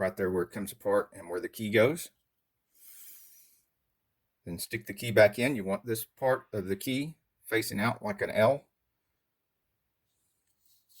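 Someone talks while lining up the metal emergency key blade, turned to face out in an L shape, with the slot in the plastic fob housing of a 2010-2015 Toyota Prius key fob during a dead-battery replacement. Speech fills most of the clip, with a quiet stretch around 2 to 4.5 seconds that carries only a faint soft noise. The key has not been slid home, and nothing has clicked yet.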